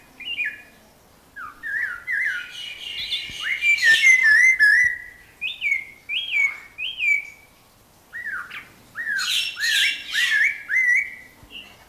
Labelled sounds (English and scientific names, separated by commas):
Snowy-crowned Robin-Chat (Cossypha niveicapilla) song